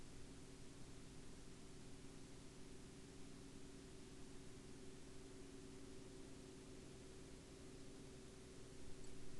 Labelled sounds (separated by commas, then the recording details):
man-made sound
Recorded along the Dempster Highway, Canada, on 27 October 2020 at 09:20
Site 17